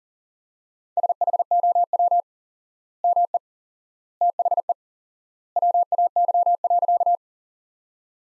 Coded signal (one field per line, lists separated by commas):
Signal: Morse code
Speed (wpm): 40 wpm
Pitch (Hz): 700 Hz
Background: none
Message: SHOW ME THE WAY.